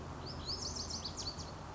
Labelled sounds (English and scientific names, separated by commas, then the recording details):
Lazuli Bunting (Passerina amoena)
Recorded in Sonoma County, California